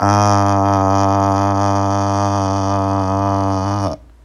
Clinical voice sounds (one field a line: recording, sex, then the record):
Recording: sustained vowel /a/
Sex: male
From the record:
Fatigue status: fatigue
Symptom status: symptomatic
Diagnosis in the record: COVID-19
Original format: m4a